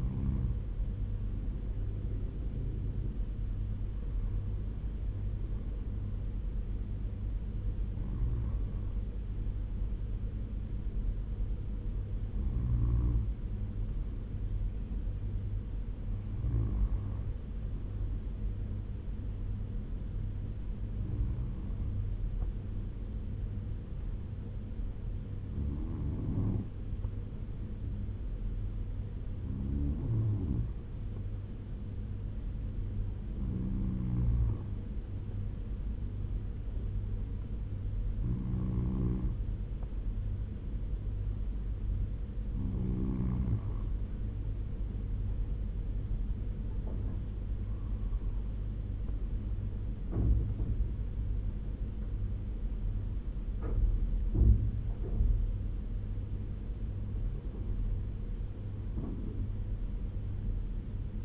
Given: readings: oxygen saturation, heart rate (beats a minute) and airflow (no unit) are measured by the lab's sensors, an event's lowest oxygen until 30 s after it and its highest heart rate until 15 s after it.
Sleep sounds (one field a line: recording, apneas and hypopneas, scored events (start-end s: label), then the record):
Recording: breathing in sleep by a smartphone at the bedside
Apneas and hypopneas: 1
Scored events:
29.00-53.90 s: hypopnea (N1, oxygen 97% highest, then 96% lowest, heart rate 81 at the start, 85 highest)
From the record:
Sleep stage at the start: N1 (lightest sleep)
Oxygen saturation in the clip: 96 to 97%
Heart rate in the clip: 78 to 88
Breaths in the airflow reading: 14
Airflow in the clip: -6.7 to 8.1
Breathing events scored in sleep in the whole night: 201 in 6.5 hours asleep